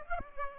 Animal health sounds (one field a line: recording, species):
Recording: mosquito wingbeat signal from an infrared sensor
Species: Aedes aegypti